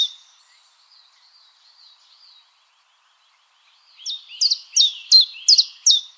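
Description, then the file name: Common chiffchaff song: after thin high warbling, several crisp descending notes repeated at an even, fast rhythm. "Golosa ptic - Penochka-tenkovka Phylloscopus collybita"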